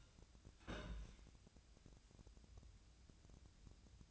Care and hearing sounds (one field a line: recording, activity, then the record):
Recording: daily activity, microphone in the room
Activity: place on stove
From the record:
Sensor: 2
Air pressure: 1009.9 hPa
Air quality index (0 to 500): 178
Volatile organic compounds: 10 ppm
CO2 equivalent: 2227 ppm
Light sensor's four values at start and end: 29/71/30/34 and 30/73/31/35